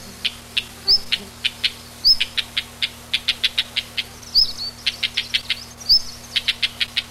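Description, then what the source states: Common redstart calling, short rising whistles alternating with rapid series of hard tick notes, repeated throughout. Recorded on 23 June 1991.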